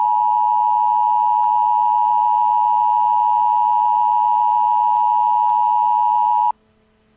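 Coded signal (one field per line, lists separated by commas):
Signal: Emergency Alert System (SAME) tones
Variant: 853 and 960 Hz attention tone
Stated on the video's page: EAS alerts and tests spanning 2005 to 2025, including weekly and monthly tests, national EAS tests, and tornado and severe thunderstorm warnings and watches.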